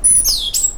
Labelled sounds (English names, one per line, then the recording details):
Stitchbird song
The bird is a male
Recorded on Tiritiri Matangi Island, New Zealand, in 2005
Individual 1, of nest box 1